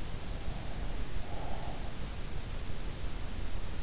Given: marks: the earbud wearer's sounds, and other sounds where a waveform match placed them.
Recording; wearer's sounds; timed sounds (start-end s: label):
sounds in sleep by an in-ear microphone; breath
0.03-2.34 s: breath